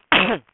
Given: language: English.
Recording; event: throat vibration sensor signal played as sound; cough